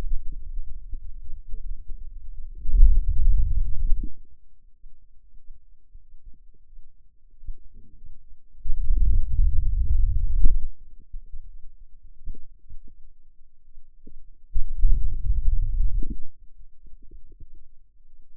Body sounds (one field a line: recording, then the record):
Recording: forearm muscle sounds (acoustic myography)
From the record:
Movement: hand opening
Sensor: system 2, bracelet of six BSWA MPA416 microphones around the upper forearm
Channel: 3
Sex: male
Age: 22 years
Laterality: right